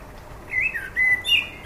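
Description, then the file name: Common blackbird giving short fluted whistles that slide down and then up, three clear phrases over about a second, with faint hiss behind. "Turdus merula"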